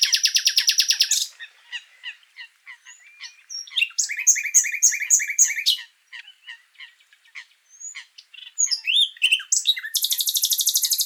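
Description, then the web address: Common nightingale song in varied phrases: a fast rattling trill, scattered chips and whistles, a series of repeated notes, then another rapid metallic trill at the end. "SETE data Luscinia megarhynchos"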